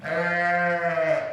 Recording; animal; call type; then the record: contact call of a hoofed animal; sheep; low-frequency (closed-mouth) or high-frequency (open-mouth) call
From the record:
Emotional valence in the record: negative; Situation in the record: short social isolation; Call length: 1.33 s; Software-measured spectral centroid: 1600 Hz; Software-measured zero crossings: 2070 a second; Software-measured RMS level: -24 dBFS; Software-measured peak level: -10 dBFS